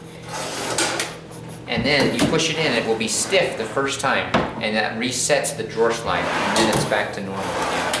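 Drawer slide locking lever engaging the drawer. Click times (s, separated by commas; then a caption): 0.8 s. A drawer is put back onto its drawer slide by lining up the slots on the drawer with the slide and pulling the slide back in. At 0.8 s the slide's locking lever clicks past its locking point, so the lever has locked and the drawer is seated. Someone talks throughout, and further sliding and handling sounds follow.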